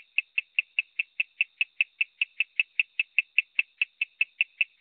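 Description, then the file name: Coorg yellow bush frog giving rapid, evenly spaced tick-like notes over near silence. "Raorchestes luteolus call"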